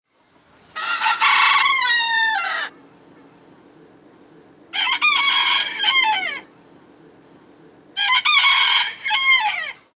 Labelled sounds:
Red Junglefowl
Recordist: Tembrock, Günter
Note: Krähen eines Hahnes

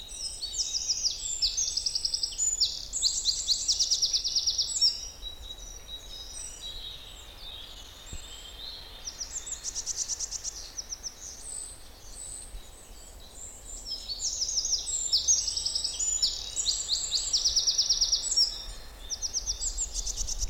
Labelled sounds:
Eurasian Wren
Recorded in the wild
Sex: male
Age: adult
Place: Müggelsee, Berlin, DE
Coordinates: 52.43, 13.64
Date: 1990-04-20
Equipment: Uher 4400 Report Monitor, Sennheiser ME 80, K 30 AV
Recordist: Fischer, Stefan

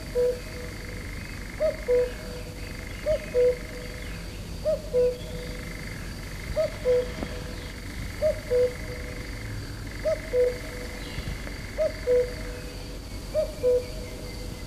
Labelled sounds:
Common Cuckoo song
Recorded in the wild
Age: adult
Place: Federaun, Kärnten, AT
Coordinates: 46.57, 13.812
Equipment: Uher 4100 Report-V
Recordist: Brunner, Thomas

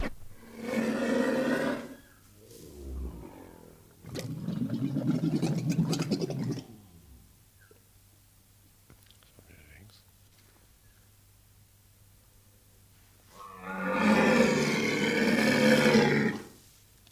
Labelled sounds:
One-humped Camel
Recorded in captivity
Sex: pair
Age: adult
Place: Zoo Rostock, Mecklenburg-Vorpommern, DE
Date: 1984-02-02 13:36
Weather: overcast, 2°C
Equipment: Nagra SN, Kopie Uher 4000 Report Monitor
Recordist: Tembrock, Günter
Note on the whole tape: Paar: Dehnungslaute, Männchen: Blubbern

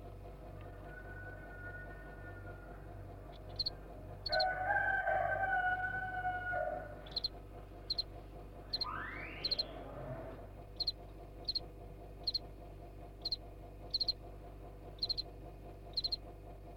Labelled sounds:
House Cricket
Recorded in captivity
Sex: male
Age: imago
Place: DE
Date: 1962-02-06 14:00
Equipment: Smaragd, Grundig-Mikrofon
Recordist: unbekannt, keine Angabe
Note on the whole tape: Versuch 7: Balzgesang von Männchen 1, nachdem Weibchen ca. 14.00 Uhr hereingelassen wurde

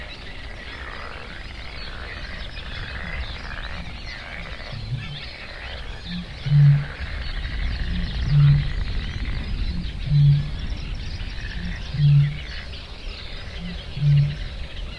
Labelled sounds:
Great Bittern
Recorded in the wild
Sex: male
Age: adult
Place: Parsteinwerder, Parsteiner See, Brandenburg, DE
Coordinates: 52.9575, 13.9719
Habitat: lake
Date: 2006-05-24
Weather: ca.10°C, no wind
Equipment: Edirol R-4, Sennheiser MKH 70, Windkorb
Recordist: Frommolt, Karl-Heinz

